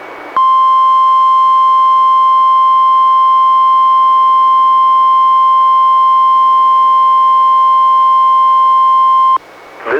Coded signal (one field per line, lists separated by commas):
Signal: Emergency Alert System (SAME) tones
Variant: 1050 Hz attention tone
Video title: EAS #184: NWR Required Weekly Test- Aug. 2, 2017- 11:10AM PDT